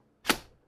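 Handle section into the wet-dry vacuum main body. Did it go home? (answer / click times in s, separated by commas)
yes / 0.3 s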